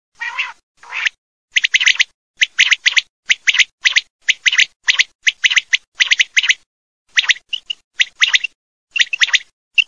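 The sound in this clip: Quail calling: short, sharp, high notes delivered in quick clusters of two or three, repeated about every second with brief pauses between groups.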